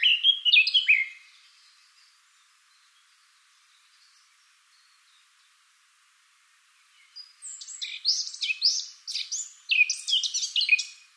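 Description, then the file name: Eurasian blackcap song: a brief rich warbled phrase at the start, about six seconds of near silence, then a longer burst of fast, varied, sweet warbling notes. "Sylvia atricapilla"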